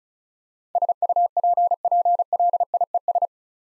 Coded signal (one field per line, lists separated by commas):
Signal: Morse code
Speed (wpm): 34 wpm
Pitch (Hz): 700 Hz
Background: none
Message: SUPPLIES